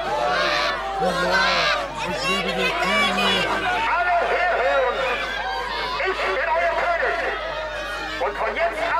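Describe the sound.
A dense crowd of spectators shouts and clamors continuously as dogs rush in among them at their legs and feet, many overlapping voices forming a loud, agitated roar with occasional higher-pitched cries rising above the babble.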